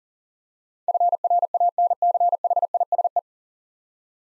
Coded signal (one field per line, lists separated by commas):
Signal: Morse code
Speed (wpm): 37 wpm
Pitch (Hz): 700 Hz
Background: none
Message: FRANCHISE